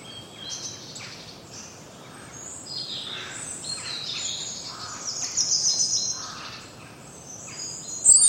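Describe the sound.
Birds chirping, a chorus of high twittering notes over a soft background hiss.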